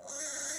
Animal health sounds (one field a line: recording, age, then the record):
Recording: pig call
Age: piglet (1 to 25 days)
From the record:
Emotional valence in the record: negative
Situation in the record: short isolation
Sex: male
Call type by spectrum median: high-frequency call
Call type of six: high-frequency stable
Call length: 0.59 s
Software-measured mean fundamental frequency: 341 Hz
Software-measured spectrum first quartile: 1823 Hz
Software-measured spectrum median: 5618 Hz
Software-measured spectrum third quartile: 6896 Hz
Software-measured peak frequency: 6176 Hz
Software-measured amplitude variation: 75 dB a second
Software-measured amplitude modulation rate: 25.2 a second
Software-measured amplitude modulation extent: 3.0 dB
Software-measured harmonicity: 3.3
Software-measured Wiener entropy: -2.29